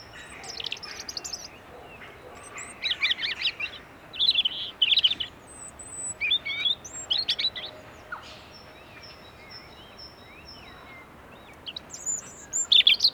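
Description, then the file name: European robin delivering several separate bursts of high, jangling notes with quiet gaps between them. "Erithacus rubecula"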